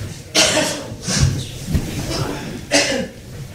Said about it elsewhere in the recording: A city council meeting in Florida one of the aides at this meeting walks behind a council member and coughs, and it sounds like she's saying asshole. The aide is saying, I'm just sick.